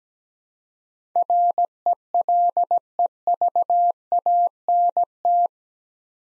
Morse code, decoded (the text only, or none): RELEVANT